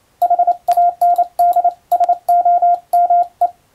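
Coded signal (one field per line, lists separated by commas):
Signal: Morse code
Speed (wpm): 28 wpm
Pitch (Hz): 700 Hz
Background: none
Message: HANDSOME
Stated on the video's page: Morse sent with a telegraph key by a first-class radiotelegraph operator during amateur radio contacts.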